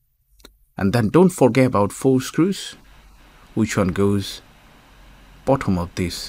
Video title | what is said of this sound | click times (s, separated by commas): How To Upgrade SSD For Asus Vivo V222F All In One PC | and I'm going to make a little click and it should be fine | 0.4 s